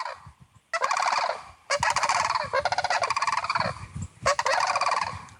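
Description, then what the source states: Sandhill Crane call: loud, rolling, rattling trumpeted bursts rich in harmonics, several long calls following each other closely with brief gaps between them. Migratory crane seen throughout northern Ontario, arriving from Florida and northern Mexico; loud rolling trumpeting call with an almost metallic tone, shaped by the long neck.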